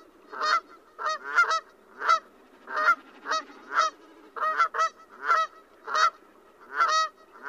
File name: Canada Goose Branta canadensis